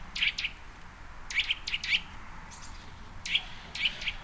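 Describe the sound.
Bird chirps, short high bursts in small clusters, coming in separate bouts with quiet gaps between them.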